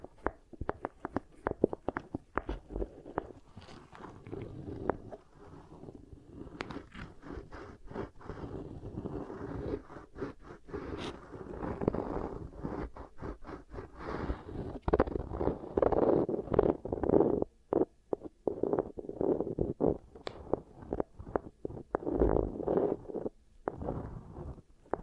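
Beeswax ear triggers: soft, sticky crackles and squishes pressed and kneaded in a steady, dense stream for the whole clip. Quick clicks and pops fall many times a second over a low, muffled rub, with a few brief quieter gaps around the middle and late seconds.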